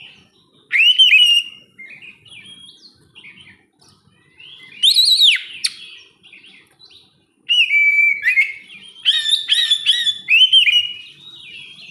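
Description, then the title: Oriental magpie-robin song: three loud spells of rich, varied whistling with upslurred and downslurred notes, separated by softer twittering pauses. "kacer"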